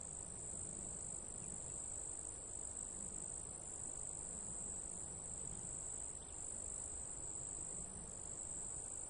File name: sound spark Flatwoods Scrub Rock Springs Nature Forest Crickets